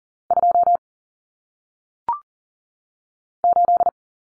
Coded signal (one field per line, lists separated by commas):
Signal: Morse code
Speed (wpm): 42 wpm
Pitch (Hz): 700 Hz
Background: none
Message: 2 8